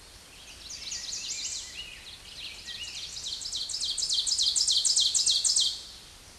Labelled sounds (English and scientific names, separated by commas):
Ovenbird (Seiurus aurocapilla) song